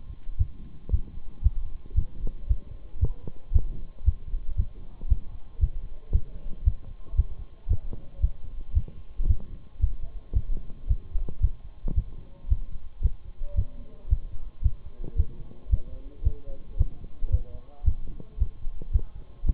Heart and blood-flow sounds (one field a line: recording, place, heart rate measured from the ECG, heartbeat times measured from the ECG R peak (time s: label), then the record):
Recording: heart sounds by stethoscope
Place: between the tricuspid and mitral areas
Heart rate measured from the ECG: 113 bpm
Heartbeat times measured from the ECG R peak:
0.39 s: heartbeat
0.92 s: heartbeat
1.44 s: heartbeat
1.96 s: heartbeat
2.49 s: heartbeat
3.02 s: heartbeat
3.54 s: heartbeat
4.06 s: heartbeat
4.58 s: heartbeat
5.10 s: heartbeat
5.61 s: heartbeat
6.13 s: heartbeat
6.65 s: heartbeat
7.17 s: heartbeat
7.69 s: heartbeat
8.22 s: heartbeat
8.75 s: heartbeat
9.29 s: heartbeat
9.81 s: heartbeat
10.35 s: heartbeat
10.89 s: heartbeat
11.42 s: heartbeat
11.96 s: heartbeat
12.50 s: heartbeat
13.03 s: heartbeat
13.57 s: heartbeat
14.10 s: heartbeat
14.64 s: heartbeat
15.18 s: heartbeat
15.71 s: heartbeat
16.25 s: heartbeat
16.79 s: heartbeat
17.32 s: heartbeat
17.86 s: heartbeat
18.40 s: heartbeat
18.93 s: heartbeat
19.47 s: heartbeat
From the record:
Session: Bruce protocol treadmill stress test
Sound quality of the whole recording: partially saturated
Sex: male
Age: 23 years